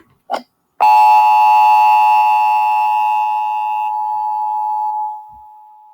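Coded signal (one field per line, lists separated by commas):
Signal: Emergency Alert System (SAME) tones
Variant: 853 and 960 Hz attention tone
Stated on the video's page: EAS mock made on Scratch.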